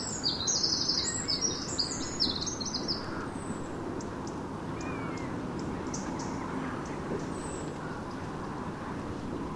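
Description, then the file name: Eurasian wren giving a fast, high, tinkling trill of sharp notes for about three seconds, then quieter chirps over a steady background rumble. "Troglodytes troglodytes"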